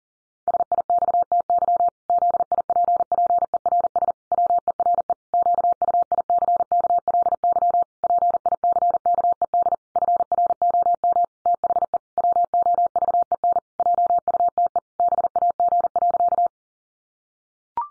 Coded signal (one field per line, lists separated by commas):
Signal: Morse code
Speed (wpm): 40 wpm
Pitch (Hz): 700 Hz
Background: none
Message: SIXTY ZIPPERS WERE QUICKLY PICKED FROM THE WOVEN JUTE BAG.